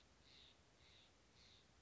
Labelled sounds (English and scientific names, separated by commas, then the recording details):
Steller's Jay (Cyanocitta stelleri)
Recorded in Sonoma County, California